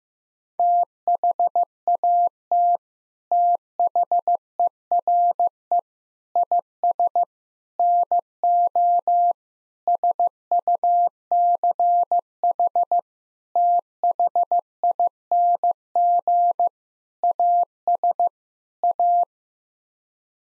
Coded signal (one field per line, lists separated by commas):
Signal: Morse code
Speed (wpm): 15 wpm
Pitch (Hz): 700 Hz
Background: none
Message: THAT THERE IS NO SUCH THING AS A